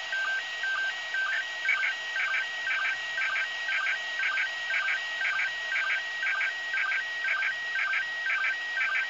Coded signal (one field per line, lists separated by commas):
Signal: SSTV (slow-scan television)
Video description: Receiving SSTV images from ISS during the event of "Expedition 59 - ARISS Series 13"